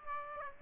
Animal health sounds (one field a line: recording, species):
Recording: mosquito wingbeat signal from an infrared sensor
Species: Aedes aegypti